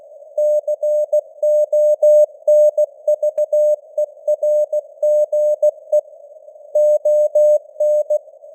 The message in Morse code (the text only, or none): CONVERGE ON